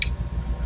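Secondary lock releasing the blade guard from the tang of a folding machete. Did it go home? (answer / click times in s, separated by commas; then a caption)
released / 0.0 s. A small secondary lock on a large metal WW2 USAF Type 1-A folding survival machete by Imperial Knife Company is pulled back to disengage the blade guard from the tang. A sharp, bright metallic click sounds at 0.0 seconds, followed by a low background rumble. The lock releases, freeing the blade guard from the tang.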